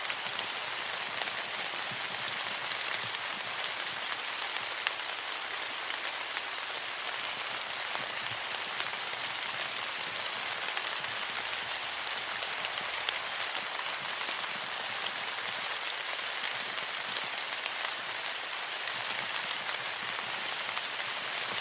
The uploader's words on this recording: Tropical Rainstorm Sounds.